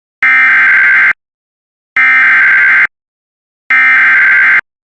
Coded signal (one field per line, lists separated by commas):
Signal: Emergency Alert System (SAME) tones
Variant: header bursts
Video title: 18x Header on WJON /IP Weatherscan 24/7 [Includes RARE Alerts] EAS 182-199)